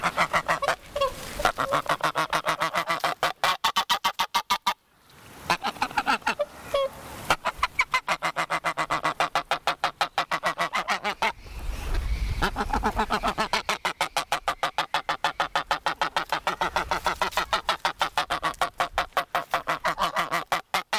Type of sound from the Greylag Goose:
call